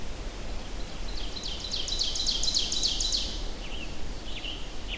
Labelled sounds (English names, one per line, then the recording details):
Ovenbird song
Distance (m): 55 m
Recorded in boreal forest in Alberta, Canada, on 25 June 2016 at 08:20
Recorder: SongMeter 3, array SBT-6-76
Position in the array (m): 307 m, 91 m
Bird 1